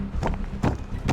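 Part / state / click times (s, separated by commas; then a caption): trailer rear door latch into its door frame keeper / not seated / none. Someone repeatedly tries to close a trailer's back door, meant to add rigidity, and latch it into the door frame keeper. Dull knocks of the door against the frame are heard around 0.3, 0.7 and 1.1 seconds. The latch gets no bite at all and nothing has caught or latched yet.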